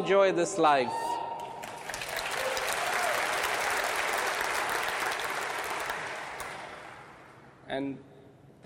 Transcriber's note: applause